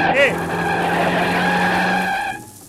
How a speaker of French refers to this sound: Eh, on a eu chaud. Oui, c'est un bus américain. Je l'ai vu trop tard. Heureusement qu'il a de bons freins.